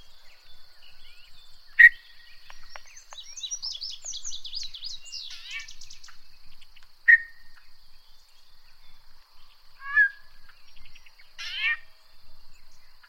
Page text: Chris Parrish - Иктерия (Icteria virens)